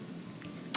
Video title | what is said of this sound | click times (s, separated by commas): ✨ Front Load Washing Machine - Easy Door Boot Replacement - DIY Fix ✨ | and then once you feel like you have it, you can push it in on the top. It'll click into place. | 0.8 s